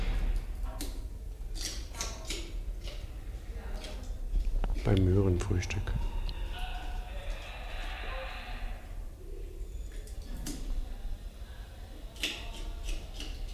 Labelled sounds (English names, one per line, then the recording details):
Siamang
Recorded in captivity
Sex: female
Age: adult
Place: Zoo Dresden, Sachsen, DE
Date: 1971-01-16
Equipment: Uher 4200 Report Stereo, Sennheiser MD 421 (z.T. mit Tesla-Verstärker)
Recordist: Tembrock, Günter